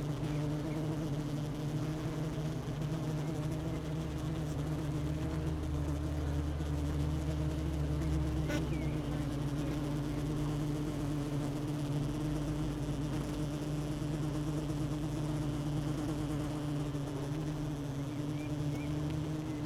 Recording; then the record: honeybee colony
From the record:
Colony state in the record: missing queen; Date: 31 May 2018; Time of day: 12:50